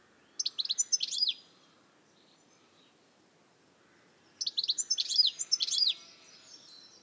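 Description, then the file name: European goldfinch utters two short bursts of bright, liquid twittering, the first about a second long and the second about one and a half seconds, separated by roughly three seconds of quiet. "Carduelis carduelis"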